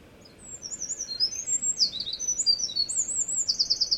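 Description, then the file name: Eurasian wren song, a loud fast cascade of high piercing notes with a rattling trill near the end, after half a second of quiet. "misosazai"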